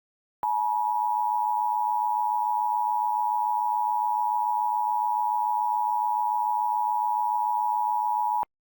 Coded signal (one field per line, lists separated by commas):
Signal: Emergency Alert System (SAME) tones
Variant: 853 and 960 Hz attention tone